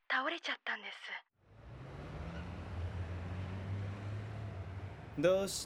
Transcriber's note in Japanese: 夜の街音